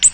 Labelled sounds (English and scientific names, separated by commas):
Ovenbird (Seiurus aurocapilla) flight call